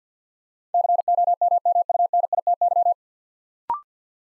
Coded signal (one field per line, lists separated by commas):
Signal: Morse code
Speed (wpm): 50 wpm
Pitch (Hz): 700 Hz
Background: none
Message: COMMUNITY